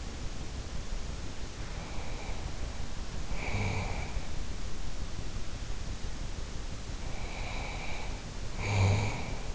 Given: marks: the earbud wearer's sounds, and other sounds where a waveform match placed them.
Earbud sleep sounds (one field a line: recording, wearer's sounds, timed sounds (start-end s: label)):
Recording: sounds in sleep by an in-ear microphone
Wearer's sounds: snoring breath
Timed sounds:
1.62-4.40 s: snoring breath
6.90-9.55 s: snoring breath